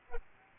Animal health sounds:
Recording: mosquito wingbeat signal from an infrared sensor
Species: Aedes albopictus

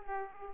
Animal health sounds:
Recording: mosquito wingbeat signal from an infrared sensor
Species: Aedes aegypti

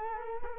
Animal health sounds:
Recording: mosquito wingbeat signal from an infrared sensor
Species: Culex quinquefasciatus

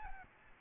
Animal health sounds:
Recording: mosquito wingbeat signal from an infrared sensor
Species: Aedes albopictus

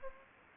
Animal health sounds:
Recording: mosquito wingbeat signal from an infrared sensor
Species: Anopheles gambiae

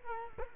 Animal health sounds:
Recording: mosquito wingbeat signal from an infrared sensor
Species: Culex quinquefasciatus

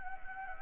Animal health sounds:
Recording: mosquito wingbeat signal from an infrared sensor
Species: Anopheles gambiae

